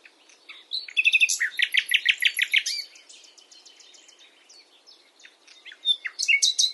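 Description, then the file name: Common nightingale song: a loud run of repeated sharp notes, then quieter varied twittering, with another loud burst of high notes at the end. "Luscinia megarhynchos"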